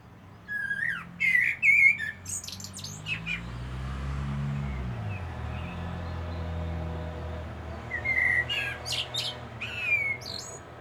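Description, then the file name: Common blackbird sings two warbled phrases ending in high squeaky twitters, with a vehicle rumbling past in between. "Turdus merula"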